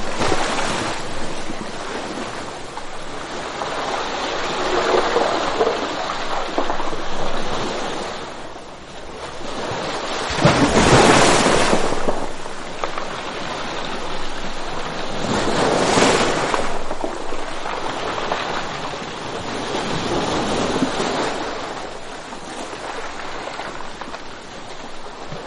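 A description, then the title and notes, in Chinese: Rough sea waves crash against rocks in a continuous roaring wash. Louder surges break around 11, 16 and 20 seconds, each swelling then receding into hissing foam, with gritty rattling textures suggesting pebbles tumbling back. Wind adds a low rumble throughout. 汹涌的海浪扑打在礁石上 －有石子回落的声音。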